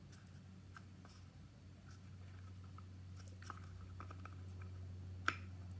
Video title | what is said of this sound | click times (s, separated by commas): Bellows Plus | top of it it will give you a little satisfying Snappy sound | 5.3 s